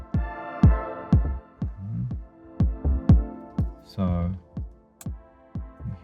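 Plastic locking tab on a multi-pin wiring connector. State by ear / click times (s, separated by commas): seated / 5.0 s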